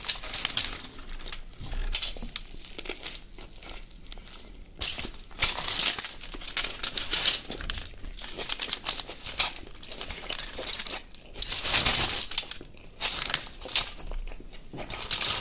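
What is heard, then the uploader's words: Crinkling and rustling of food wrapping, with bursts of bright crackle around 5–6 seconds and again near 11–13 seconds. Between them come softer, irregular crumples and small clicks, steady in density, with a faint low rumble underneath. Mukbang ASMR Food Döner & Coca Cola.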